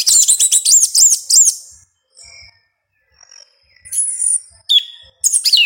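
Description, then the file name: Yellow-legged thrush singing a rapid run of repeated looping whistled notes, then a pause with faint high notes, then more sharp slurred phrases. "Canto do sabia una"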